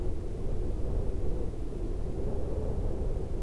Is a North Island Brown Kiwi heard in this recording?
no